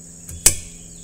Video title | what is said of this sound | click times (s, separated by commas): 2023 GMC Acadia wiper blade change | and pull it towards you until you hear the click like that and then gently | 0.5 s